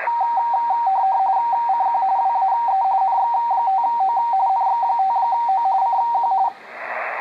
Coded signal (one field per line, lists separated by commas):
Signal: RTTY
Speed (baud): 45.45 baud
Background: radio noise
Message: CQ WAE NX5O NX5O CQ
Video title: Xiegu X5105 decoding RTTY during WAE RTTY contest November 2019